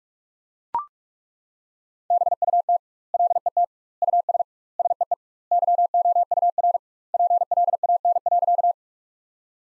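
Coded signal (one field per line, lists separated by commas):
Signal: Morse code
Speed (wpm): 41 wpm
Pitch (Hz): 700 Hz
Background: none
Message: BUT LET US SEE YOUR PLAN.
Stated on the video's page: Morse sentences built from the top 500 words at 45 wpm with 2x standard word spacing, a word-level Farnsworth-like method.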